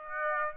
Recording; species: mosquito wingbeat signal from an infrared sensor; Aedes aegypti